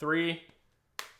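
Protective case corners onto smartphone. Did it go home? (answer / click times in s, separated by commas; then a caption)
yes / 1.0 s. A corner of a UAG Monarch Pro protective case, which has TPU sides, is pressed onto a natural titanium iPhone 16 Pro Max as each of its four corners is pressed on in turn. Someone talks briefly, then a sharp, solid click sounds at 1.0 s. The corner seats firmly onto the phone.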